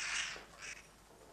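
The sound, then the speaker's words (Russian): A black raven bursts into flight out of an opened book, giving two rough, rushing bursts of sound, the first longer and louder, the second short and softer, with no voices. “Из книги вылетает черный ворон.”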